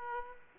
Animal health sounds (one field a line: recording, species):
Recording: mosquito wingbeat signal from an infrared sensor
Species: Aedes aegypti